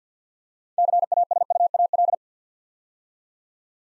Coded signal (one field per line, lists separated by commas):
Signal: Morse code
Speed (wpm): 50 wpm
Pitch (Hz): 700 Hz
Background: none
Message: CASUAL